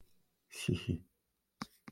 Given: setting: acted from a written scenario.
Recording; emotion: vocal sound without words; amusement